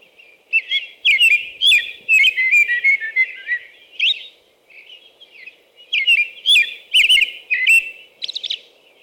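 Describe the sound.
American robin singing two rapid runs of liquid, warbled phrases, some dropping in pitch, mixed with brief high hissy notes; soft low hum in the background.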